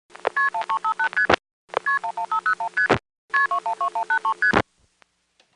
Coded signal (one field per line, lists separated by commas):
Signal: multi-frequency trunk signalling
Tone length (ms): 100 ms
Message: KP1358ST KP11501ST KP212183ST